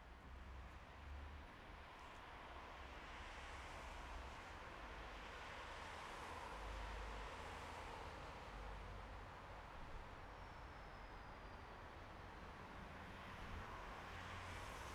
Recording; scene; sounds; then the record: everyday scene through a hearing-aid microphone; in traffic; traffic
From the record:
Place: bus stop on a city main road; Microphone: behind the ear, right, front